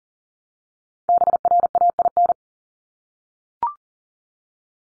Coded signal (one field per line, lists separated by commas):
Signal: Morse code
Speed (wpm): 40 wpm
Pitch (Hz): 700 Hz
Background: none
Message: BRAIN